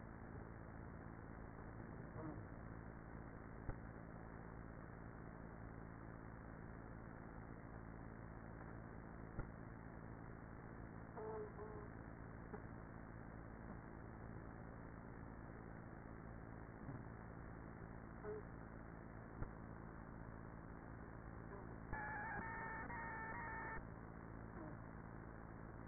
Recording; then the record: honeybee colony, microphone inside the hive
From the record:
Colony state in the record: queenless with a low population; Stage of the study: after two queens were removed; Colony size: about 30,000 bees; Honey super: no